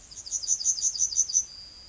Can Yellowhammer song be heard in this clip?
yes